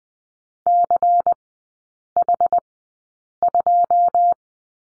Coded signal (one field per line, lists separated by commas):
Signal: Morse code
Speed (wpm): 20 wpm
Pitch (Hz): 700 Hz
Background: none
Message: CH2